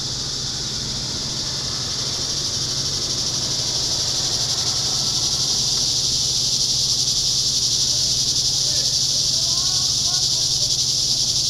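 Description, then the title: Cicadas in a loud, unbroken shrill buzzing chorus that grows slightly stronger midway, with faint chirping notes late on and a low hum. Cicadas heard in summer. "neoscenes: summer cicadas"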